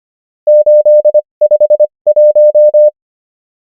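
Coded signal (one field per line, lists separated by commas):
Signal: Morse code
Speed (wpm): 25 wpm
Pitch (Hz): 600 Hz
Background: none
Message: 851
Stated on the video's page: Morse practice of numbers at 25 wpm character speed and 21 wpm word speed, Farnsworth spacing.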